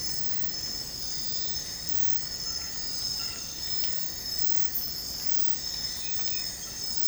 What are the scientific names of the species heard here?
none